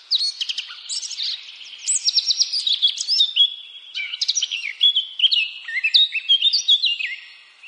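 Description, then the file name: Eurasian blackcap song, a continuous rapid warble of sharp, varied high notes, rising and falling quickly with scarcely a break for nearly eight seconds. "Sylvia atricapilla"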